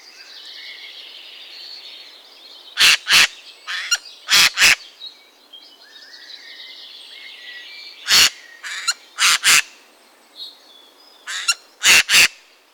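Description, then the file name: Eurasian jay screeching repeatedly, rough grating notes mostly in pairs and some single, recurring throughout over quiet background birdsong. "geai Des Chenes"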